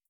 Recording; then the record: hydrophone in a shrimp aquaculture tank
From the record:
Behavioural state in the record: starved